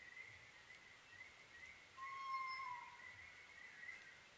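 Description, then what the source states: Oriental scops owl giving one brief hooting phrase, set against a steady, higher-pitched pulsing trill that runs the whole time. Recorded on 21 May 2011 at 23:04, at night.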